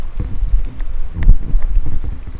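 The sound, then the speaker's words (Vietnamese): Heavy rain pours down outdoors in the middle of a city centre, a dense, steady rumble with gusts of wind buffeting through it and scattered sharper splashes, with no one speaking. “Bây giờ trời mưa rất là to ở ngoài và tụi mình đang đứng giữa trung tâm thành phố.”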